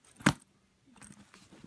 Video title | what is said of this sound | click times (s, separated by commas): Petunia Pickle Bottom boxy backpack first look - weekend in Windsor | on the side and it has a magnetic closure too you can kind of hear it as it snaps | 0.3 s